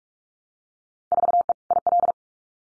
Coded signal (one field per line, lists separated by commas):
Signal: Morse code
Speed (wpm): 46 wpm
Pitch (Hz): 700 Hz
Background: none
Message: 4E IL